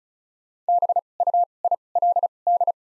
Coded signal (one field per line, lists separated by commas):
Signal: Morse code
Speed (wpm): 36 wpm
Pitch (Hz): 700 Hz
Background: none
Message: B U I L D